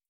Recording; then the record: hydrophone in a shrimp aquaculture tank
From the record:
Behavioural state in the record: feeding